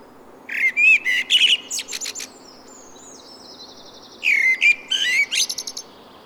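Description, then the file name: Common blackbird song, two phrases: mellow warbled whistles followed by high scratchy twittering, a pause, then another fluted phrase ending in squeaks. "Turdus merula"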